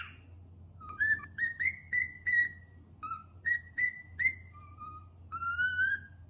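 Cockatiel whistling a string of short, clear notes in an irregular tune, finishing with a long upward-sliding whistle; faint background hum.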